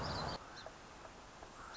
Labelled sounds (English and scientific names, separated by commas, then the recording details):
Song Sparrow (Melospiza melodia)
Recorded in Sonoma County, California